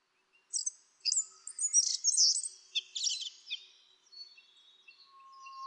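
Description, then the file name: Asian brown flycatcher song: a rapid jumble of very high, squeaky twitters and short trills lasting a few seconds, ending with a steady faint tone. "sikatan bubik"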